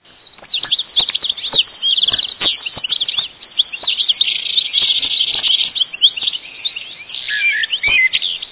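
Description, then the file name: Bird chirps: a dense stream of quick high twitters with scattered sharp clicks. "Voegel"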